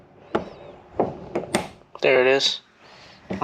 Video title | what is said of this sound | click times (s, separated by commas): The 9th gen gets more suspension goodies! | hopefully it snaps into place there it is if you guys heard that | 0.3 s